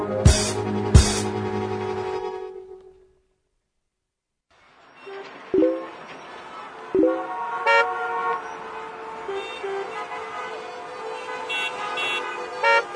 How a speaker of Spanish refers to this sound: ¡Métete la bocina en el ojete! ¡Métete!